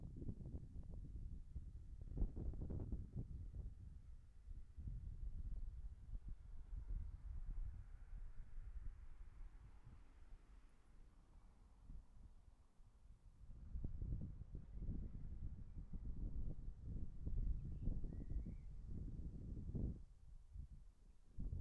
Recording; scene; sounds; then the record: everyday scene through a hearing-aid microphone; wind on the microphone; wind, traffic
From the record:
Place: in front of a rural house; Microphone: behind the ear, right, rear